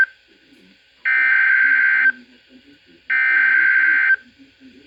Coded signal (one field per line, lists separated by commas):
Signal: Emergency Alert System (SAME) tones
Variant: header bursts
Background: speech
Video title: EAS Compilation - 6 Severe Weather Warnings in Under 8 Minutes!